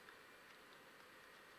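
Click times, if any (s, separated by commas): none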